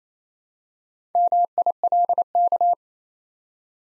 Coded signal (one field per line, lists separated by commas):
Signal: Morse code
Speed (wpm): 28 wpm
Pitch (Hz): 700 Hz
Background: none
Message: MILK